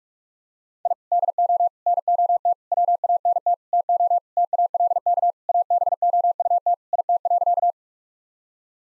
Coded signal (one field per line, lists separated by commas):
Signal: Morse code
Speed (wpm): 42 wpm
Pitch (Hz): 700 Hz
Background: none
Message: I DO NOT WANT TO TALK ABOUT IT.